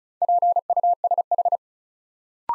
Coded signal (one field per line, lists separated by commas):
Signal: Morse code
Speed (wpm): 36 wpm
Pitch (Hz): 700 Hz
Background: none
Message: PUSH